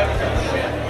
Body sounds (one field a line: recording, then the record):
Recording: background sound without coughing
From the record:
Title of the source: CITY SOUNDS Busy Bar in the Evening Night - 2 HOURS of Ambiance for Relaxation